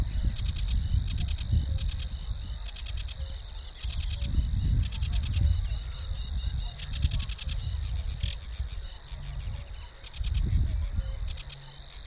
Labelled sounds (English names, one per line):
Sedge Warbler song